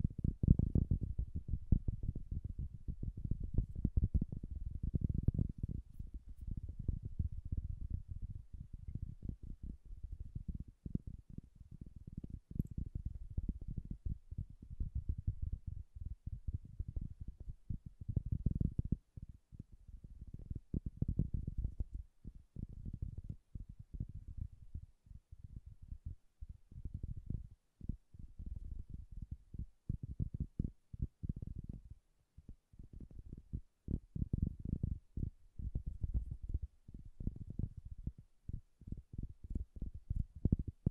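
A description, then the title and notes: Soft, bassy tapping in rapid, irregular clusters, dull low thumps with almost no brightness, continuing densely throughout with brief pauses. ASMR Bassy and Soft Tapping Sounds. No Talking.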